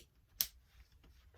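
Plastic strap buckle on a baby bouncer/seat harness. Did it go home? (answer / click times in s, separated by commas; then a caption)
yes / 0.4 s. A plastic buckle on the little safety straps of a baby bouncer seat used for a reborn doll is clicked together. One sharp, bright snap lands at 0.4 s against a quiet background, and the harness buckle seats, with the straps still snapping right in.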